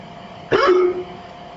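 A single abrupt hiccup from an adult: a sharp voiced gulp with a brief falling tone lasting about half a second, over a steady low hum like a vehicle interior. The sudden onset and clipped vocal sound are typical of a hiccup from an involuntary diaphragm spasm.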